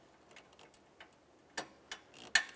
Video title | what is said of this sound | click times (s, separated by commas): How To Replace Radiator 2012-2017 Toyota Camry | Plug in your electrical connector. Listen for a click. | 2.4 s